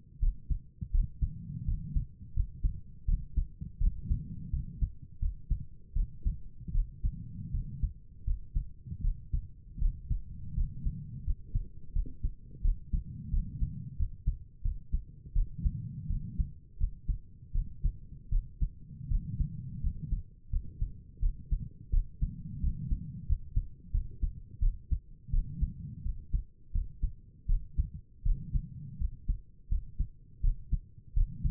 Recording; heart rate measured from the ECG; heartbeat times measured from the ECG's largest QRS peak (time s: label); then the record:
heart sounds by stethoscope; 83 bpm
0.20 s: heartbeat
0.92 s: heartbeat
1.66 s: heartbeat
2.34 s: heartbeat
3.06 s: heartbeat
3.79 s: heartbeat
4.51 s: heartbeat
5.20 s: heartbeat
5.94 s: heartbeat
6.73 s: heartbeat
7.52 s: heartbeat
8.25 s: heartbeat
9.02 s: heartbeat
9.80 s: heartbeat
10.55 s: heartbeat
11.25 s: heartbeat
11.94 s: heartbeat
12.63 s: heartbeat
13.31 s: heartbeat
13.97 s: heartbeat
14.63 s: heartbeat
15.34 s: heartbeat
16.08 s: heartbeat
16.79 s: heartbeat
17.53 s: heartbeat
18.31 s: heartbeat
19.10 s: heartbeat
19.82 s: heartbeat
20.51 s: heartbeat
21.21 s: heartbeat
21.92 s: heartbeat
22.62 s: heartbeat
23.27 s: heartbeat
23.92 s: heartbeat
24.61 s: heartbeat
25.32 s: heartbeat
26.04 s: heartbeat
26.73 s: heartbeat
27.48 s: heartbeat
28.24 s: heartbeat
28.99 s: heartbeat
29.70 s: heartbeat
30.42 s: heartbeat
31.15 s: heartbeat
From the record:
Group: healthy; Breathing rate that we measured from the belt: 20 breaths a minute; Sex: female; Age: 22 years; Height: 163 cm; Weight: 67.1 kg